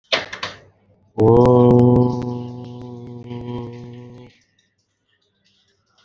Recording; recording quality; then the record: sustained vowel as in boot; moderate, slight background noise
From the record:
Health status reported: exposed to COVID-19, no respiratory illness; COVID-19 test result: not tested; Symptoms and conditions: none ticked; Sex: male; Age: 51 years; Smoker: not ticked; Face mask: not worn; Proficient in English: yes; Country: India